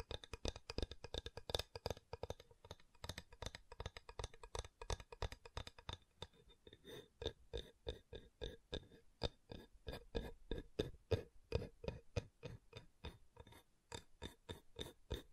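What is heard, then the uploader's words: Wood triggers: rapid, sharp taps and clicks on wood fill the clip. For the first six seconds the tapping is dense and irregular, then it settles into a steadier rhythm of crisp, evenly spaced knocks, several per second, until the end. ASMR Calming Wood Triggers for Sleep (No Talking).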